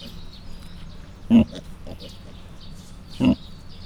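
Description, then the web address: Mangalica piglets giving two short grunts about two seconds apart over a low background hum. Mangalica breed; five cat-sized suckling piglets; captive at a zoo in Miskolc; recorded 2018. "allathangok 2018 mangalica otmacskanagysaguszoposmalac"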